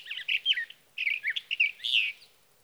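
Sage thrasher song, two bursts of quick, rich warbling separated by a short pause, the notes slurred and tumbling together.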